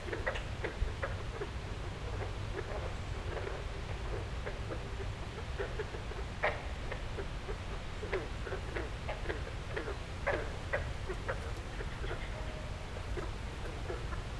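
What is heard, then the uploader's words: Frogs croak in quick, dense clicking pulses over a steady low rumble, calls overlapping continuously with a few louder bursts throughout. Frogs Croaking in the Wetlands of Cold Spring Park - Newton, Massachusetts.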